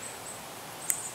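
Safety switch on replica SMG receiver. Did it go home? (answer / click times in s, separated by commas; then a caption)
yes / 0.9 s. The safe/fire selector switch on the receiver of a Cybergun WW2 M1A1 Thompson replica submachine gun (airsoft AEG) is flipped and clicks into position at 0.9 s. It gives a single short, sharp click against a quiet background, and the switch moves smoothly and seats in place.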